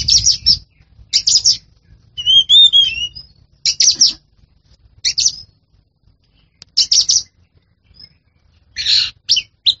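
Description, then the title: Oriental magpie-robin giving spaced bursts of harsh buzzy notes, with a brief sweet warbled whistle early on and long quiet pauses between phrases. Champion bird. "Kicau Burung Kacer Juara"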